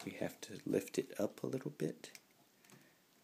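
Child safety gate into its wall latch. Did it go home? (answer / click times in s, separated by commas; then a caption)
yes / 2.7 s. A child safety gate is lifted slightly and seated down into its wall latch while someone talks. The latch clicks into place at about 2.6 and 2.7 seconds, and the gate is seated.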